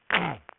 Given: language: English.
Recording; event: throat vibration sensor signal played as sound; throat clearing